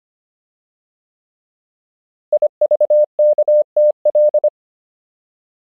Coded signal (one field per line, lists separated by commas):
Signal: Morse code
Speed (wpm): 25 wpm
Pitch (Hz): 600 Hz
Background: none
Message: IVKTL